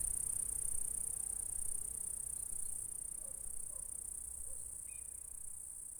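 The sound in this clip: Insect stridulation, a continuous thin high buzz that slowly fades, with a few faint soft notes and a short higher note late on.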